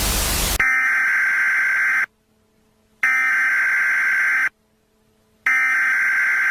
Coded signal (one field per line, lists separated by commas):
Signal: Emergency Alert System (SAME) tones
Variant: header bursts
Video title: Nuclear Contamination: An EAS Scenario